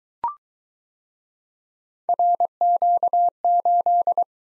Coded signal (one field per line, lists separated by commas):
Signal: Morse code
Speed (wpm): 22 wpm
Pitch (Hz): 700 Hz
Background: none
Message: RQ8